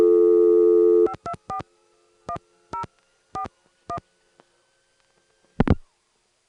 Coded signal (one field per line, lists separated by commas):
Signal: DTMF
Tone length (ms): 90 ms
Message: 5241041